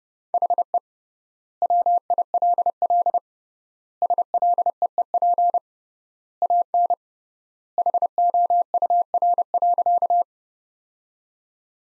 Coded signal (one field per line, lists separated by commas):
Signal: Morse code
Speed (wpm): 29 wpm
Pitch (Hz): 700 Hz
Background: none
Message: HE WILL SLEEP AN HOUR.